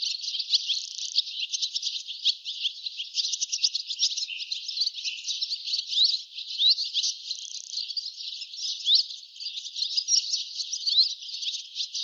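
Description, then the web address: Bird twittering, a dense, continuous run of quick high chirps and short sliding notes with no pauses. "cianscape birddata Deverinetal 2025"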